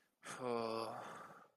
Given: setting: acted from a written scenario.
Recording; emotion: vocal sound without words; shame